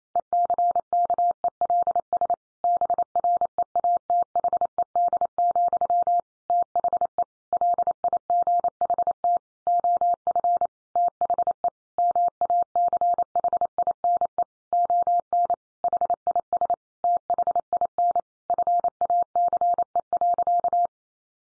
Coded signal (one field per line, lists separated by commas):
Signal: Morse code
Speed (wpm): 28 wpm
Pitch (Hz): 700 Hz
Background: none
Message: ECKELS BREATHED, THE LIGHT OF THE MACHINE ON HIS THIN FACE.